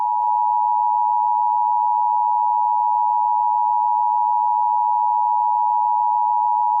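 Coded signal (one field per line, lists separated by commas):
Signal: Emergency Alert System (SAME) tones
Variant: 853 and 960 Hz attention tone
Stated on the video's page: Fictional EAS scenario, not a real alert.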